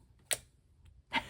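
A magnetic snap closure on a sewn fabric pocket organizer is closed again and clicks together at 0.3 s, a sharp, bright snap. A faint tick follows at about 0.9 s and a softer rustle near 1.2 s. The snap seats and holds shut.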